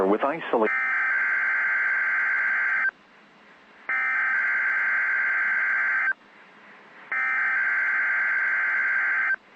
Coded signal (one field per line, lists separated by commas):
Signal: Emergency Alert System (SAME) tones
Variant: header bursts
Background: speech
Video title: NOAA Weather Radio ***REQUIRED WEEKLY TEST*** WXM49 10/1922 [EAS #2]